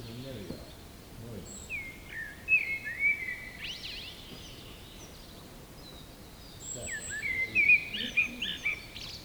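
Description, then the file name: Eurasian blackbird singing two separate phrases of fluty whistles ending in quick twitters, a long quiet pause between them, over a low background rumble. "mustarastas"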